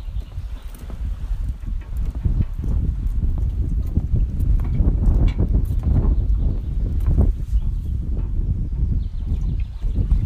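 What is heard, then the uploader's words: Inside a Finnish sauna, a dense, continuous low rumble fills the whole clip, broken by irregular knocks and crackles that crowd together around the middle. A faint high hiss sits above it, and the sound stays fairly even in loudness. Sauna in Finland.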